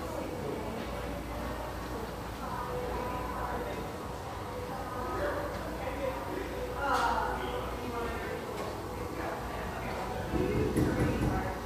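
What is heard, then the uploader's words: Coffeehouse chatter with steady overlapping voices and soft radio music, a low hum underneath, and a brief clatter near seven seconds. The sounds and mellow radio of this beautiful exposed-brick coffeehouse in the Northeast Portland neighborhood of Hazelwood.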